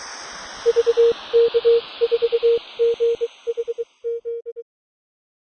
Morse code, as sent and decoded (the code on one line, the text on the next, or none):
...- -.- ....- --. .... --..
VK4GHZ